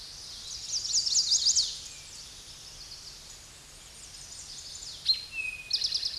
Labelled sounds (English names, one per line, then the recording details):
Eastern Towhee song
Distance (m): 10 m
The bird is about 5 m above the microphone
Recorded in a Pennsylvania forest on 16 May 2024 at 08:23
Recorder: AudioMoth, point MSD-2443
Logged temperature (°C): 16.4 °C
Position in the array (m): 170 m, 190 m